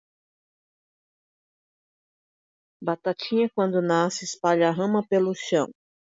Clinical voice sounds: short text; Brazilian Portuguese; female; 60 to 69 years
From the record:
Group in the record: control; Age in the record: 60 years

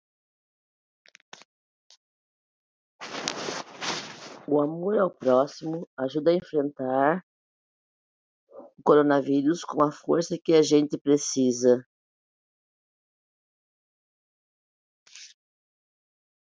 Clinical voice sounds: spoken sentence; Brazilian Portuguese; female; 50 to 59 years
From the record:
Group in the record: control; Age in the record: 55 years

